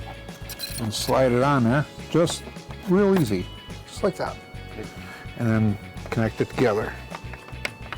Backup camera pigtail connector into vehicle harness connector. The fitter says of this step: you hear the snap she's like just like the original equipment